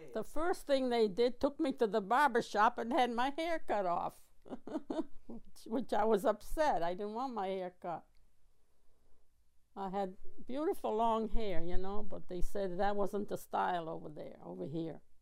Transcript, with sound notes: Well, the first thing they did, took me to the barber shop and had my hair cut off. ( she laughs ) Which I was upset, I didn't want my hair cut. I had beautiful long hair, you know, but they said that wasn't the style over there, over here.